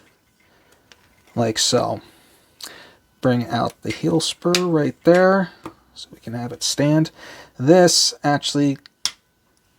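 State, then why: Seated. Someone talks while the heel spur on the leg of a plastic Transformers Legacy Evolution Armada Optimus Prime transforming robot figure is swung out so the figure can stand. A sharp click is heard at 9.1 s as the heel spur locks into place, and the joint is seated.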